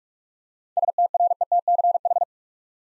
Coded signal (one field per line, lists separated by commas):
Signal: Morse code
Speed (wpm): 44 wpm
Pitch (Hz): 700 Hz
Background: none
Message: STRETCH